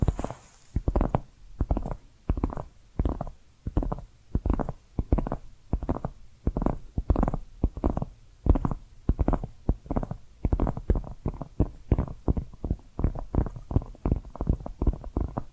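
Steady tapping runs through the whole recording, a rhythmic series of dull, full-bodied knocks landing about two to three times per second. Each tap is short with a soft, thumping low end, and the pace stays even, with a few quicker clusters near the end.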